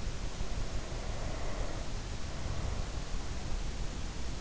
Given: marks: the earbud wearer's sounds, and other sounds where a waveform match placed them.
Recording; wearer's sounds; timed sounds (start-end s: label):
sounds in sleep by an in-ear microphone; breath
0.00-3.50 s: breath